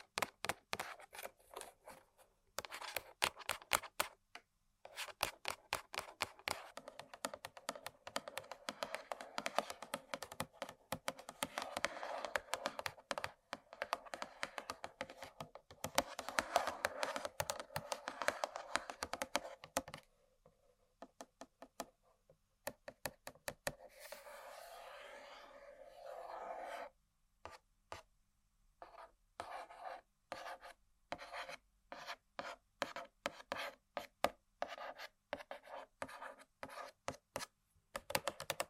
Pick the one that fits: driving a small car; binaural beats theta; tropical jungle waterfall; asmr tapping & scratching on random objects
asmr tapping & scratching on random objects